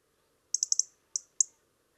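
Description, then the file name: European robin producing a rapid series of four high, dry ticks followed by two more spaced single ticks against a faint low hum. "Erithacus rubecula"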